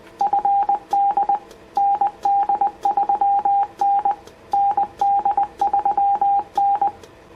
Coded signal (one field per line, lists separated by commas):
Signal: Morse code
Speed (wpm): 20 wpm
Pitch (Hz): 800 Hz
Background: none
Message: FD ND3N ND3N